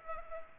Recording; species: mosquito wingbeat signal from an infrared sensor; Culex pipiens